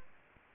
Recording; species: mosquito wingbeat signal from an infrared sensor; Anopheles gambiae